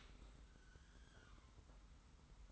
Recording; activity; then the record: daily activity, microphone in the room; open dishwasher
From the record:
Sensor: 3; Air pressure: 991.3 hPa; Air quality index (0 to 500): 139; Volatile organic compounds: 278 ppm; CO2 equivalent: 4431 ppm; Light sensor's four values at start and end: 54/146/59/53 and 54/146/59/53